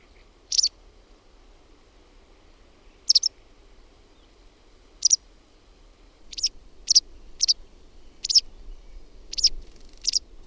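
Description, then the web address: White wagtail giving a series of sharp high chirps, sparse at first then coming more often, over steady low background noise. "OMAT AANITYKSET VASTARAKKI"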